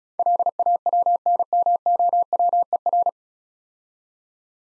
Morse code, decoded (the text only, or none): LAWNMOWER